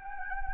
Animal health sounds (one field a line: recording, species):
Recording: mosquito wingbeat signal from an infrared sensor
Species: Anopheles gambiae